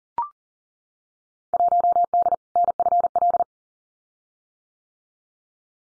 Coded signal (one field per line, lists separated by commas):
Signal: Morse code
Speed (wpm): 40 wpm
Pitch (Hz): 700 Hz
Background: none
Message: 1D NFL